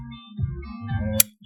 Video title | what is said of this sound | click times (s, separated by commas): Friday Feature - Deagostini R2-D2 #starwars #deagostini #r2d2 #partswork | should snap right into place. | 1.2 s